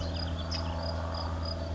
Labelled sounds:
California Towhee (Melozone crissalis)
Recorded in Sonoma County, California

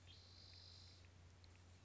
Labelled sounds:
Spotted Towhee (Pipilo maculatus)
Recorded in Sonoma County, California

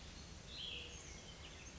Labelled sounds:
Cassin's Vireo (Vireo cassinii)
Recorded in Sonoma County, California

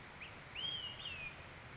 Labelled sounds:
Olive-sided Flycatcher (Contopus cooperi)
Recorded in Sonoma County, California

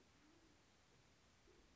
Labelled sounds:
Band-tailed Pigeon (Patagioenas fasciata)
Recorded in Sonoma County, California

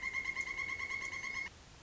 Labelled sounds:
Pileated Woodpecker (Dryocopus pileatus)
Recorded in Sonoma County, California

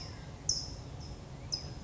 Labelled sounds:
California Towhee (Melozone crissalis)
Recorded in Sonoma County, California

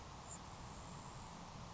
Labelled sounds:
Grasshopper Sparrow (Ammodramus savannarum)
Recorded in Sonoma County, California

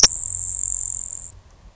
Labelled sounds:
Grasshopper Sparrow (Ammodramus savannarum)
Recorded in Sonoma County, California

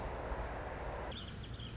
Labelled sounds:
Song Sparrow (Melospiza melodia)
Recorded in Sonoma County, California

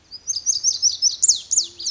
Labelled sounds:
Lazuli Bunting (Passerina amoena)
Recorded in Sonoma County, California

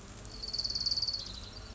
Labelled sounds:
Orange-crowned Warbler (Leiothlypis celata)
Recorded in Sonoma County, California

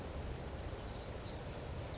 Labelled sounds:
California Towhee (Melozone crissalis)
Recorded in Sonoma County, California

